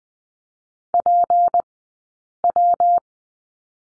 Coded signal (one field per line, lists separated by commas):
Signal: Morse code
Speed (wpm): 20 wpm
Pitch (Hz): 700 Hz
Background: none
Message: PW